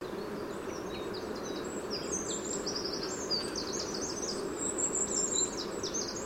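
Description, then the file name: Eurasian wren song, a rapid run of high, sharp notes and trills sustained throughout over a steady low background hum. "Troglodytes troglodytes"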